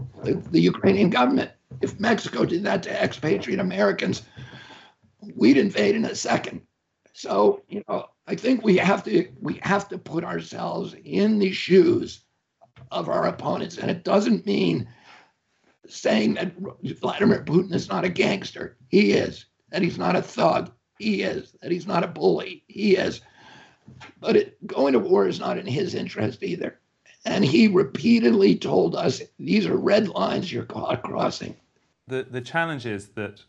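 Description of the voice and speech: An adult man speaks in a strained, tight, rough voice with frequent creaky catches, breathy breaks and choppy phrasing, yet the words stay intelligible. This strangled, effortful quality is due to the spasmodic dysphonia he has, in which involuntary spasms of the vocal folds interrupt voicing.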